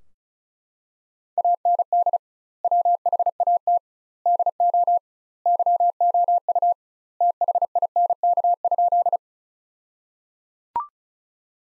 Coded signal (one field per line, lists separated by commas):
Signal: Morse code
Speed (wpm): 34 wpm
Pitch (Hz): 700 Hz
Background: none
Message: AND WHAT DO YOU THINK?